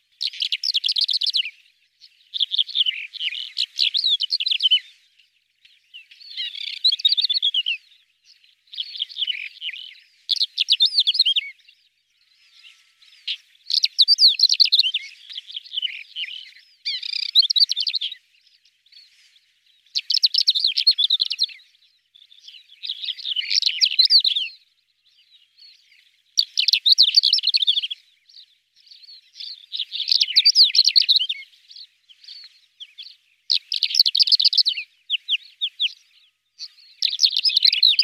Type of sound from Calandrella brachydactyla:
song